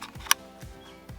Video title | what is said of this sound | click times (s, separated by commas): DiabloSport Trinity T1000 Unboxing and Installation | so last step I got this window mount just slides right on locks into place | 0.3 s